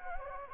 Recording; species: mosquito wingbeat signal from an infrared sensor; Anopheles gambiae